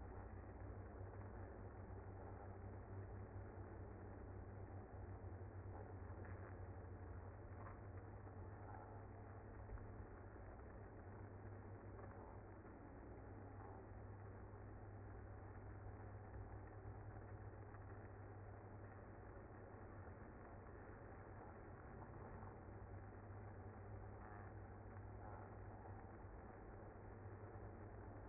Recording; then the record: honeybee colony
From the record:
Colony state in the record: active